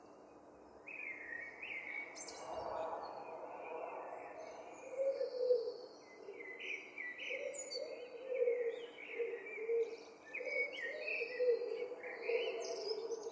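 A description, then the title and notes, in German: Birds sing their morning chorus in Berlin, with several voices overlapping in bright chirps and whistled phrases that repeat every second or so. A lower, mellow warbling runs underneath from about five seconds on, over a steady faint hum throughout. Im Herzen der geschäftigen Stadt Berlin liegt eine verborgene Symphonie, die mit den ersten Sonnenstrahlen erwacht - der bezaubernde Morgengesang der Vögel.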